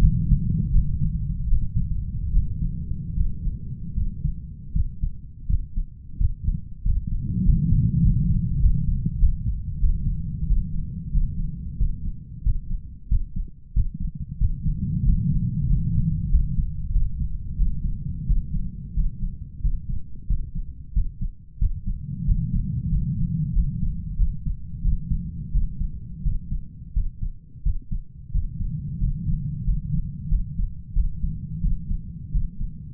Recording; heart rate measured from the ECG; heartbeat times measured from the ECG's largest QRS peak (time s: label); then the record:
heart sounds by stethoscope; 89 bpm
0.72 s: heartbeat
1.48 s: heartbeat
2.33 s: heartbeat
3.15 s: heartbeat
3.96 s: heartbeat
4.74 s: heartbeat
5.48 s: heartbeat
6.19 s: heartbeat
6.84 s: heartbeat
7.44 s: heartbeat
8.02 s: heartbeat
8.60 s: heartbeat
9.19 s: heartbeat
9.79 s: heartbeat
10.47 s: heartbeat
11.12 s: heartbeat
11.78 s: heartbeat
12.44 s: heartbeat
13.09 s: heartbeat
13.74 s: heartbeat
14.39 s: heartbeat
15.04 s: heartbeat
15.67 s: heartbeat
16.29 s: heartbeat
16.92 s: heartbeat
17.56 s: heartbeat
18.26 s: heartbeat
18.94 s: heartbeat
19.62 s: heartbeat
20.27 s: heartbeat
20.94 s: heartbeat
21.59 s: heartbeat
22.25 s: heartbeat
22.89 s: heartbeat
23.53 s: heartbeat
24.17 s: heartbeat
24.82 s: heartbeat
25.52 s: heartbeat
26.23 s: heartbeat
26.94 s: heartbeat
27.63 s: heartbeat
28.32 s: heartbeat
28.99 s: heartbeat
29.64 s: heartbeat
30.29 s: heartbeat
30.93 s: heartbeat
31.61 s: heartbeat
32.32 s: heartbeat
From the record:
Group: healthy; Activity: rest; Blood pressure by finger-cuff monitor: 118/75 mmHg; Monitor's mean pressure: 88 mmHg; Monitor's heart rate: 89 bpm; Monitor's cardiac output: 7.6 L/min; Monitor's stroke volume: 86 mL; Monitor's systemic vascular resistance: 830 dyn s/cm5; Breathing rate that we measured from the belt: 8 breaths a minute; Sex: male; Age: 33 years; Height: 179 cm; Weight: 80.4 kg